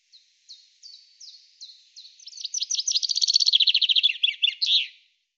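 Common chaffinch song, a run of high notes that speeds into a rapid rattling trill and ends in a downslurred flourish.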